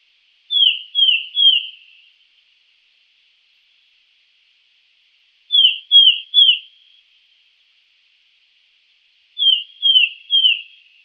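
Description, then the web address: Sultan tit calls: clear whistled notes that slide downward, given in threes, the triplets several seconds apart against a silent background. "wroblowe ptaki melanochlora sultanea. wroblowe ptaki paridae"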